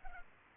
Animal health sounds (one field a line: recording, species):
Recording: mosquito wingbeat signal from an infrared sensor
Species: Culex pipiens